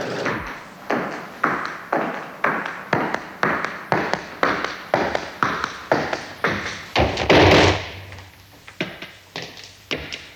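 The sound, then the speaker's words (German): Steady footsteps arriving at Ebbelstraße 10, around fifteen firm treads at an even walking pace, then a louder scraping burst and a few lighter, scattered steps at the end. “Die hören jetzt schon unsere Schritte.”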